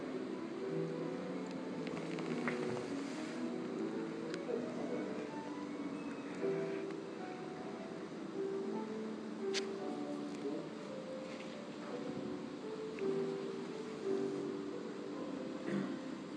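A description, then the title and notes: A rehearsal muffled through a wall, with steady low-to-mid tones and short held notes, a few sharp knocks and occasional voices. Heard through a wall: rehearsal. It's Elgar!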